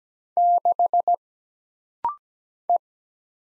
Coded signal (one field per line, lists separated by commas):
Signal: Morse code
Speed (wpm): 17 wpm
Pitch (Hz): 700 Hz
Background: none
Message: 6 E